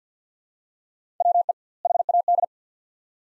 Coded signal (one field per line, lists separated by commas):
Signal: Morse code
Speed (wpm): 45 wpm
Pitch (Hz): 700 Hz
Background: none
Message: WE HAD